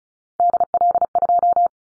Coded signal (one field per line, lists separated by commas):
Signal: Morse code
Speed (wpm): 34 wpm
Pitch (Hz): 700 Hz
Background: none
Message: DL2